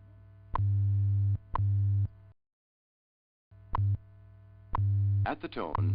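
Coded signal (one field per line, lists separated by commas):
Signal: radio time signal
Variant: WWV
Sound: low steady hum with a sharp tick each second, a silent gap, ticks resume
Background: warbling tone at end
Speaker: National Institute of Standards and Technology time this is radio station WWV Fort cullins Colorado broadcasting on internationally allocated standard carrier frequencies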